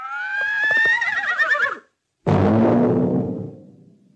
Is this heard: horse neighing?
yes